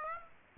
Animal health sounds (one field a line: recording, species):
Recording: mosquito wingbeat signal from an infrared sensor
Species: Aedes aegypti